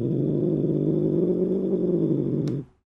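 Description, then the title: Domestic cat growling: a steady, low, rumbling growl held evenly for under three seconds, then cut off abruptly. Angry cat. "Звук злой кошки"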